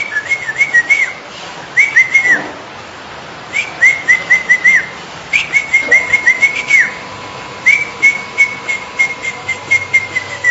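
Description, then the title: Bali myna making short, bright whistled notes in repeated bursts of several notes, each note hooked and slurred. "Jalak Bali"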